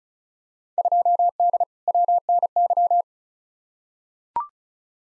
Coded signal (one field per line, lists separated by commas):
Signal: Morse code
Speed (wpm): 36 wpm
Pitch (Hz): 700 Hz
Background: none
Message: 2D WNY